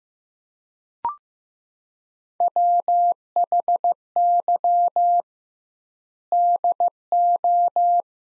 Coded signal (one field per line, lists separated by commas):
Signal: Morse code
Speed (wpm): 15 wpm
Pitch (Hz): 700 Hz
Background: none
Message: WHY DO